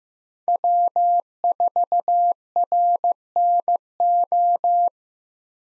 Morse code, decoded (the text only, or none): W4RNO